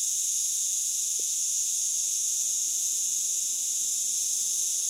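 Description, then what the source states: Cicadas droning in an unbroken high-pitched shrill buzz, steady and even in loudness from start to finish. Recorded 18 July 2013.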